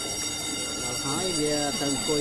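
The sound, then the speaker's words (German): An electric bell at the Khmer Rouge Tribunal in Phnom Penh, Cambodia, rings steadily and without a break to signal that proceedings are resuming inside the sealed-off courtroom, a bright, buzzing tone that holds the whole time while a group of listeners murmurs beneath it. “Die Klingel zur Fortsetzung des Verfahrens drinnen im abgeriegelten Gerichtssaal läutet.”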